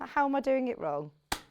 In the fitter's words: there's my corded yep there's my lock locked into place cordless release